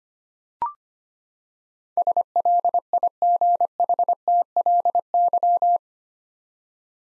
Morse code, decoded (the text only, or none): SLIGHTLY